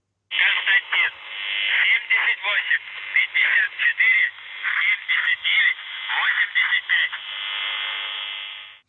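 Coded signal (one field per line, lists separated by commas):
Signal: numbers station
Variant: UVB-76, Russian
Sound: narrowband radio voice speaking short phrases with pauses, ending in steady hiss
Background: radio static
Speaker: jusqu'en 2003 où on arrive vraiment à entendre des messages très précis très clairs et je vous les faire écouter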